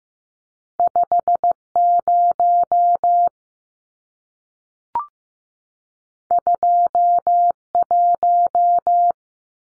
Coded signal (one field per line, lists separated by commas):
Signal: Morse code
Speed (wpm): 15 wpm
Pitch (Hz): 700 Hz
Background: none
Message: 50 21